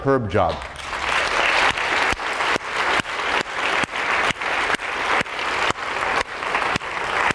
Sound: applause

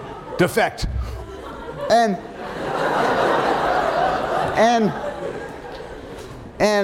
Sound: laughter

